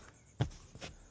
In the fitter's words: Listen for that click.